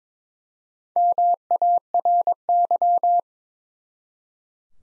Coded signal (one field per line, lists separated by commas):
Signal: Morse code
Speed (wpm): 22 wpm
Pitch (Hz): 700 Hz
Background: none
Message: MARY